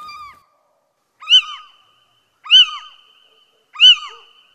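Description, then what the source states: Little owl giving sharp, mewing, cat-like calls that rise and fall, repeated about every 1.2 seconds, four calls in all, against a silent background. Farmland-landscape species; prefers dawn and dusk; sees worse than humans after dark but has excellent hearing.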